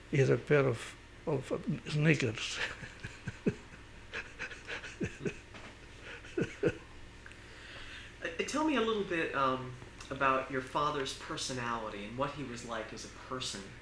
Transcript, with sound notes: is a pair of, of sneakers. ( he laughs )
Tell me a little bit about your father's personality, and what he was like as a person.